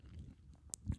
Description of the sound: Stomach that gurgling noise, that's kind of weird. It's got a mind of its own. The belly speaks.